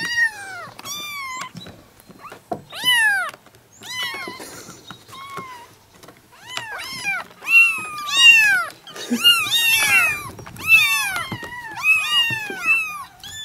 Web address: kitten Kittens meowing